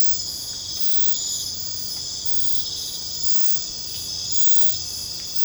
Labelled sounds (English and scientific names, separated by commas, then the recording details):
none
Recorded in secondary vegetation near Puerto Asís, Putumayo, Colombia, on 22 December 2024 at 23:30
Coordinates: 0.499, -76.323
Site G010